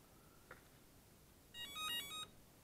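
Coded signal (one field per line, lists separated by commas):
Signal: beep code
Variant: BLHeli ESC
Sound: a faint short blip, then about six quick rising and falling electronic motor tones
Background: quiet room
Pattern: 6 short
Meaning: The ESC has entered its programming menu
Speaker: plug it in and it'll go into the into the menu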